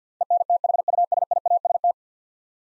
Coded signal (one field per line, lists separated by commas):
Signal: Morse code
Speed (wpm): 52 wpm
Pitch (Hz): 700 Hz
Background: none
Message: ENTHUSIAST